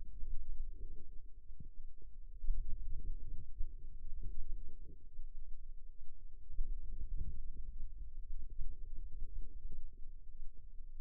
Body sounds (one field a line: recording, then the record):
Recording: forearm muscle sounds (acoustic myography)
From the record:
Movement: radial deviation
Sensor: system 2, bracelet of six BSWA MPA416 microphones around the upper forearm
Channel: 5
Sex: female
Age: 22 years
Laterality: right